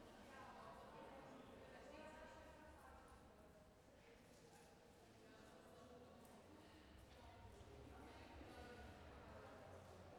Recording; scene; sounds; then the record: everyday scene through a hearing-aid microphone; reverberant space; background noise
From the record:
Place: railway station hall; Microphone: behind the ear, left, rear